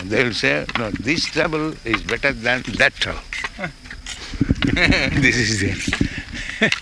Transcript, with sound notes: They will say, "No, this trouble is better than that trouble." [laughter] This is the...